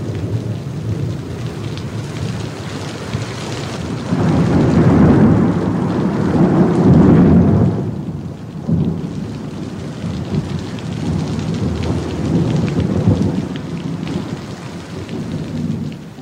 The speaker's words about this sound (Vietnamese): Nhưng nửa đêm, nổi cơn mưa lớn.